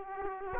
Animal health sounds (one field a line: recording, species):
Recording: mosquito wingbeat signal from an infrared sensor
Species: Aedes aegypti